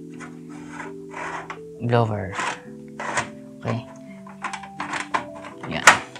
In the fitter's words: okay na nag-lock na siya